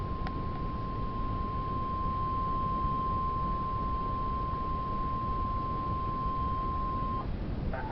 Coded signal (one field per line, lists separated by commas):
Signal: Emergency Alert System (SAME) tones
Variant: 1050 Hz attention tone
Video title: DOUBLE HEADER ALERT TONED EAS